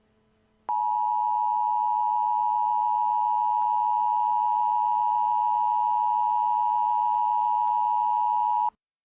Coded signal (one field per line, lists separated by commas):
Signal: Emergency Alert System (SAME) tones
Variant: 853 and 960 Hz attention tone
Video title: EAS Scenario - Los Angeles Earthquake